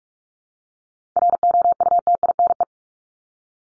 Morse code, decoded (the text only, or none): ROUTINE